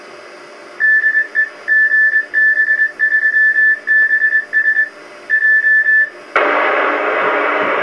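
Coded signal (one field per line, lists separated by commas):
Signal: Morse code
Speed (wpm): 22 wpm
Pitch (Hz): 1750 Hz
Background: radio noise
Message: DE GB3BS J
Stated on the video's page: Kenwood TS2000 transceiver covering HF, 6 m, 2 m and 70 cm.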